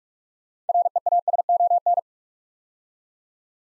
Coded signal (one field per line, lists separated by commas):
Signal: Morse code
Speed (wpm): 44 wpm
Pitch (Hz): 700 Hz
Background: none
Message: REASON